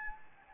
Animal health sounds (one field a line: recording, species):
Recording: mosquito wingbeat signal from an infrared sensor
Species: Anopheles gambiae